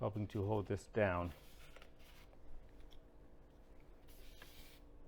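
An assembled plastic brick sub-assembly from a Lego Mario set is pressed on top of another brick piece, with small holding pieces keeping it down. Someone talks at the start, followed by soft handling and rubbing noises with a few faint ticks. Nothing has seated or clicked yet.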